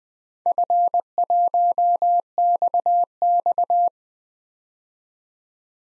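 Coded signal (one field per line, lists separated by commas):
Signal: Morse code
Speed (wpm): 20 wpm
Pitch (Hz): 700 Hz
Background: none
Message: F1XX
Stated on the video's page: Morse practice of 4-character DXCC call signs at 20 wpm for head-copy, each sent, spoken, then sent again.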